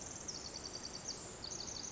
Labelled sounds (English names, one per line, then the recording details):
Pacific Wren
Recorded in Sonoma County, California